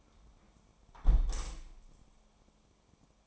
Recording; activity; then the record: daily activity, microphone in the room; close window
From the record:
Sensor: 1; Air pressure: 1000.4 hPa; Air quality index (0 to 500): 170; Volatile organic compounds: 4 ppm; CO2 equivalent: 1561 ppm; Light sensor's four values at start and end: 11/26/11/13 and 11/26/11/12